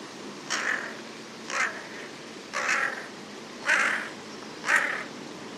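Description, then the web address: Bird uttering five short, harsh calls at roughly one-second intervals, somewhat quieter and partly masked by a broad hiss of background noise. "cianscape. Deverinetal 2025. Bird Only"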